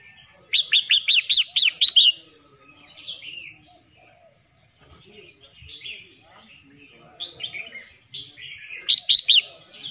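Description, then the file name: Red-whiskered bulbul song: a quick run of several arched chirps, another brief burst near the end, softer chirps between, over a steady high whine. Wild bird singing in the wild forest style, called 'giọng rừng'. "tieng chao mao hot giong rung"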